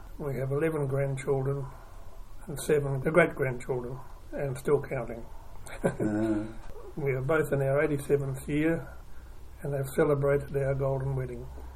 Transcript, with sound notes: We have eleven grandchildren and seven great-grandchildren, and still counting. [Chuckle] We are both in our eighty-seventh year and have celebrated our Golden Wedding.